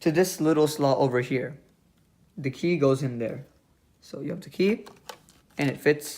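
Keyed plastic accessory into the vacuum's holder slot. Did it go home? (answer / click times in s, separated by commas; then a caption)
no / none. A keyed plastic accessory is handled and lined up with its key toward the holder slot on a Dyson Ball Animal+ vacuum cleaner while someone talks. Nothing has seated or clicked yet.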